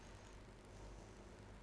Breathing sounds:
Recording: one breath in and out by a microphone near the nose and mouth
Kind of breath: normal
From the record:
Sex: female

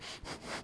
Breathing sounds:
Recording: one breath in and out by a microphone near the nose and mouth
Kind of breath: strong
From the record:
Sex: male

